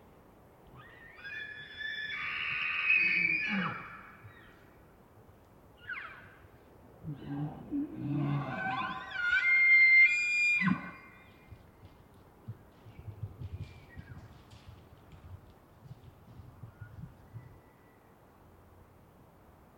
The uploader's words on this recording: Elk Bull Roars And Screams. It was rutting season in the Colockum Wildlife area, and just before the start of open hunting season, so the males were out, about, and vocal. These are raw tracks, down-mixed to stereo (from double-m/s). Elk, mostly bulls bugling, screaming, roaring, whistling, and chirping.